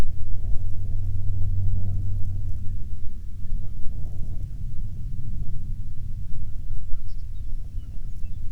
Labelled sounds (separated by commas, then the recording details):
songbird, waterfowl, wind, aircraft
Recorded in the Prudhoe Bay oil fields, Alaska, on 21 June 2019 at 09:42
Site 22